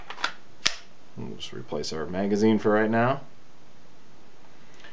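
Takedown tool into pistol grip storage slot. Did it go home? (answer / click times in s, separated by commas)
yes / 0.7 s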